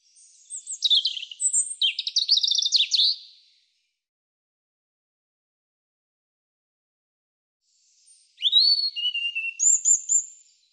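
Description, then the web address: European robin song in two separate phrases of rapid, high, sweet warbling with sharp slurred whistles, divided by about four seconds of silence. "cianscape birddata Deverinetal 2025 Bird Er Ru"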